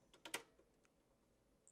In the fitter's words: it in the same way and push in until it snaps into place once